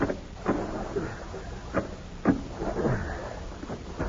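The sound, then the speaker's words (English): A small boat pulls in through the water at a cove: steady rushing, sloshing noise with three or four sharp knocks and thumps against the hull, and no voices. “I'll pull the boat up a ways.”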